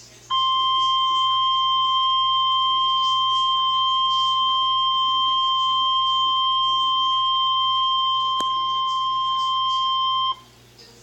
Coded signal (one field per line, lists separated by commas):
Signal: Emergency Alert System (SAME) tones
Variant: 1050 Hz attention tone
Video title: Tornado Warning (EAS #231)